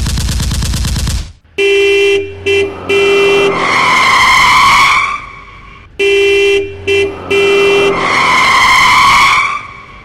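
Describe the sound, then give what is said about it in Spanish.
During a car chase, a loud revving engine gives way to stuttering horn honks and a long, high screech of skidding tires, then the honk-and-skid sequence repeats once more. “Y quién sabe cómo, la saga hace una escena super épica en coches con piruetas y explosiones super vergonas”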